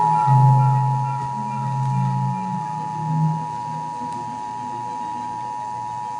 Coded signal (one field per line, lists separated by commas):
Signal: Emergency Alert System (SAME) tones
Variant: 853 and 960 Hz attention tone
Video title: EAS Tornado Warning interrupts The Mr. Men Show on Small Pop USA (2012)